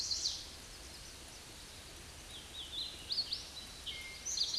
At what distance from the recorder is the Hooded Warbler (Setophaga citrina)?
about 60 m